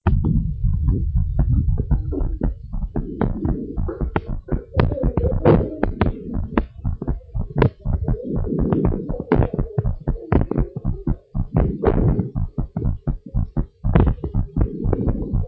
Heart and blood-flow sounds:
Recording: heart sounds of a pregnant woman by stethoscope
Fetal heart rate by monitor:
no fetal heartbeat
From the record:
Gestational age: 38 weeks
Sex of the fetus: boy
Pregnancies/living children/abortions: 3/1/1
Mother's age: 30 years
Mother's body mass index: 36.9

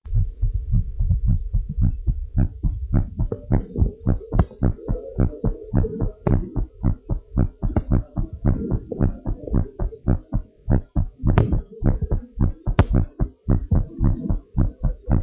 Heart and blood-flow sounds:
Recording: heart sounds of a pregnant woman by stethoscope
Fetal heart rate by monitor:
no fetal heartbeat
From the record:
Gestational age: 39 weeks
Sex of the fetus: boy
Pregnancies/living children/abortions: 1/0/0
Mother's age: 22 years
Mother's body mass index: 34.0

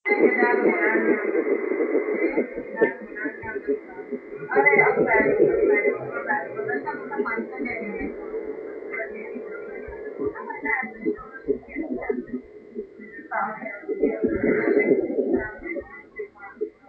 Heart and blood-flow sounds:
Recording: fetal heart sounds by stethoscope on the mother's abdomen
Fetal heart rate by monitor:
0.00-10.00 s: 132 bpm
10.00-16.89 s: 136 bpm
From the record:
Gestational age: 40 weeks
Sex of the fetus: boy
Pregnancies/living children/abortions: 2/1/0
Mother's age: 30 years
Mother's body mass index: 31.2

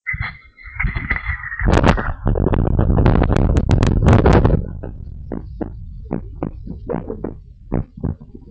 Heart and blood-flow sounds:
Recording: heart sounds of a pregnant woman by stethoscope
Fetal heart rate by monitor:
no fetal heartbeat
From the record:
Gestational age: 39 weeks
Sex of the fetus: girl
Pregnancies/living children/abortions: 2/1/0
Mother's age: 36 years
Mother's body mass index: 25.6

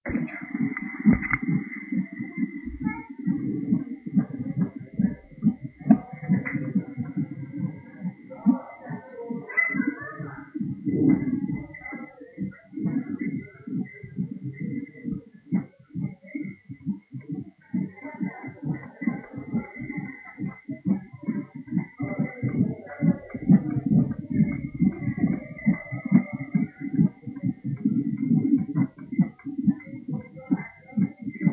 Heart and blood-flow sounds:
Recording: fetal heart sounds by stethoscope on the mother's abdomen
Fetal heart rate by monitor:
0.00-10.00 s: 141 bpm
10.00-20.00 s: 139 bpm
20.00-30.00 s: 142 bpm
From the record:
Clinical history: high fetal heart rate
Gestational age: 37 weeks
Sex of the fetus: girl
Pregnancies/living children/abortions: 2/1/0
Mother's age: 30 years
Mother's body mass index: 25.7

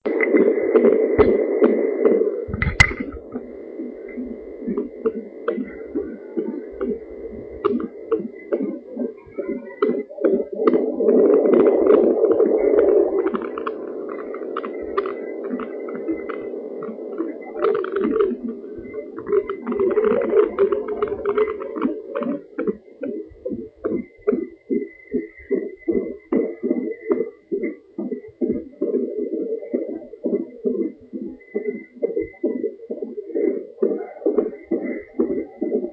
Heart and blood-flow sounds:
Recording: fetal heart sounds by stethoscope on the mother's abdomen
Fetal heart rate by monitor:
0.00-10.00 s: 133 bpm
10.00-20.00 s: 134 bpm
20.00-30.00 s: 137 bpm
30.00-35.92 s: 132 bpm
From the record:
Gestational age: 38 weeks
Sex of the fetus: girl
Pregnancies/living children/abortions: 3/1/1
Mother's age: 29 years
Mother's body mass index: 31.2

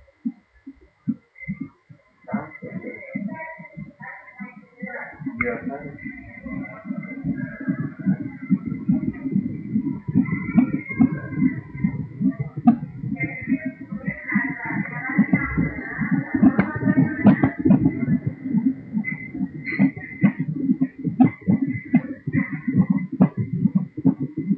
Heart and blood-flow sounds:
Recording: fetal heart sounds by stethoscope on the mother's abdomen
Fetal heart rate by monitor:
0.00-10.00 s: 137 bpm
10.00-20.00 s: 145 bpm
20.00-24.58 s: 135 bpm
From the record:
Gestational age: 37 weeks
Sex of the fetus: boy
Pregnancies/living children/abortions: 2/1/0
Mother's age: 31 years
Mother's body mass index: 38.7

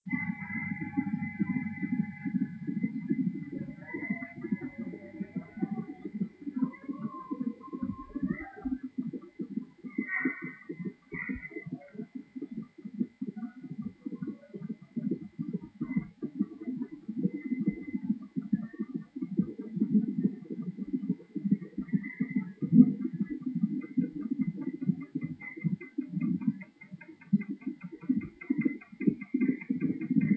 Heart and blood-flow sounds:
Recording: fetal heart sounds by stethoscope on the mother's abdomen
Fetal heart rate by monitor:
0.00-10.00 s: 144 bpm
10.00-20.00 s: 142 bpm
20.00-30.00 s: 130 bpm
From the record:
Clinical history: abnormal fetal non-stress test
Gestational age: 39 weeks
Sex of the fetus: girl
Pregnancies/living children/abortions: 3/2/1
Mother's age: 28 years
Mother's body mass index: 25.8

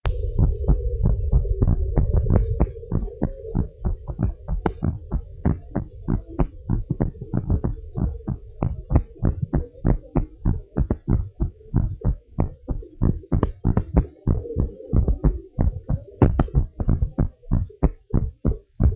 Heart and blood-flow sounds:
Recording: heart sounds of a pregnant woman by stethoscope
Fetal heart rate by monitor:
no fetal heartbeat
From the record:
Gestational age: 39 weeks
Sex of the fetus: boy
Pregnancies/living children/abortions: 2/1/0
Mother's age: 37 years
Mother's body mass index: 34.9

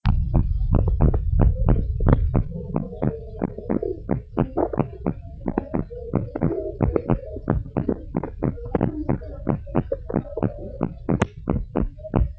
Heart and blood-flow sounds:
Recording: heart sounds of a pregnant woman by stethoscope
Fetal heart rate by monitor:
no fetal heartbeat
From the record:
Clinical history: slow growth of one twin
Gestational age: 31 weeks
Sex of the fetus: twin boys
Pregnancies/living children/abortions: 2/1/0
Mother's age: 28 years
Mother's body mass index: 24.9

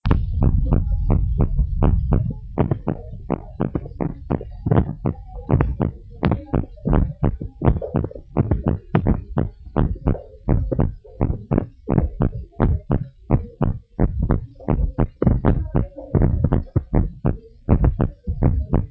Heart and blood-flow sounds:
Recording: heart sounds of a pregnant woman by stethoscope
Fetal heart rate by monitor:
no fetal heartbeat
From the record:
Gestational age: 30 weeks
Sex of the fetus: boy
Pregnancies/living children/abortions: 1/0/0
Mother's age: 23 years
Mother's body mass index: 28.3

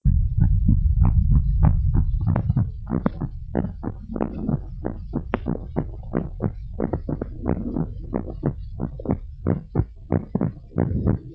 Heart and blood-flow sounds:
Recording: heart sounds of a pregnant woman by stethoscope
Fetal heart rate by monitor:
no fetal heartbeat
From the record:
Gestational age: 39 weeks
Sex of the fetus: boy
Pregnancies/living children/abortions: 1/0/0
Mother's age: 22 years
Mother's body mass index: 28.0

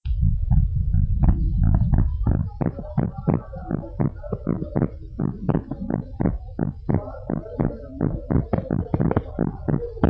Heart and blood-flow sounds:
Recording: heart sounds of a pregnant woman by stethoscope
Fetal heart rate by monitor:
no fetal heartbeat
From the record:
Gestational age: 35 weeks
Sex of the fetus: boy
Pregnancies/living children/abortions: 2/1/0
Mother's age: 30 years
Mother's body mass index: 27.7

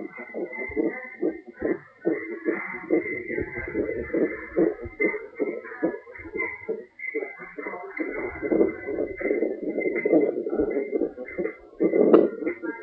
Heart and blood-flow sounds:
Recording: fetal heart sounds by stethoscope on the mother's abdomen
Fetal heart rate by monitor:
0.00-10.00 s: 137 bpm
From the record:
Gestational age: 35 weeks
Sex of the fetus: girl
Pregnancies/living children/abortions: 2/1/0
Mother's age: 29 years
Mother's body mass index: 25.2

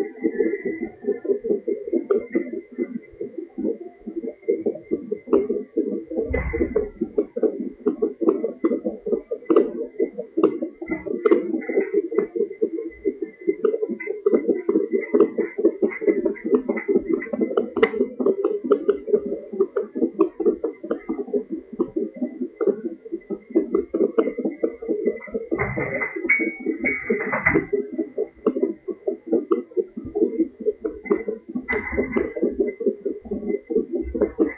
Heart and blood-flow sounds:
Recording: fetal heart sounds by stethoscope on the mother's abdomen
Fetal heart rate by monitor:
0.00-10.00 s: 142 bpm
10.00-20.00 s: 143 bpm
20.00-30.00 s: 138 bpm
30.00-34.58 s: 135 bpm
From the record:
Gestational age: 38 weeks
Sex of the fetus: boy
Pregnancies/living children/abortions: 1/0/0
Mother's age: 23 years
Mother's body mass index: 27.7

